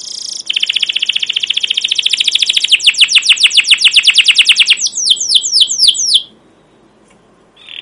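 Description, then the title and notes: Canary song opening with a dense rapid trill, shifting into slower, louder repeated down-slurred chirps before falling silent, then a short note at the end. Captive canary with long, emotional, chattering song used as a training lure (pancingan/masteran) to teach young canaries to sing. "CUIT CUIT NGEROL LANGSUNG GACOR PANJANG Kenari Ini AMPUH Utk Pancingan KENAR. PANCINGAN Kenari GACOR PANJANG Cuit CUIT EMOSI ini AMPUH utk MASTERAN Kenari PAUD belajar BUNYI. burung kenari"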